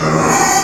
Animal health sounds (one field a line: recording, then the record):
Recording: squeal of a Yucatan mini pig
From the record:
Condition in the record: before surgery on the right vocal fold (resection and tissue-engineered implant)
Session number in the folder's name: 1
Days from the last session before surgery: -3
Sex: male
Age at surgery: 12 weeks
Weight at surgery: 13 kg